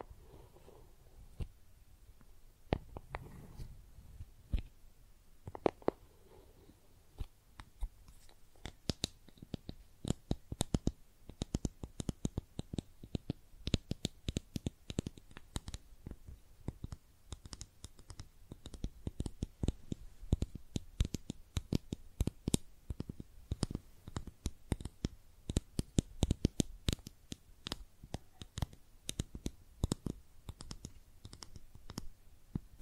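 Tapping and scratching on makeup containers, starting sparse with a few soft low thuds and rubbing in the first few seconds. From about eight seconds the sharp, bright taps come fast and dense, uneven in rhythm, with light scratching between them until the end.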